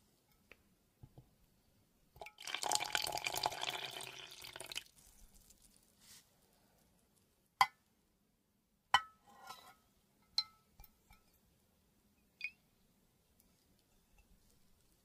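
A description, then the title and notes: Water is poured into a glass in one dense, splashing burst lasting about two and a half seconds near the start. After that it falls quiet except for a few sharp, bright clinks and drips, spaced irregularly through the second half, over a faint low hum. WATER Pouring Liquid Glass Sounds.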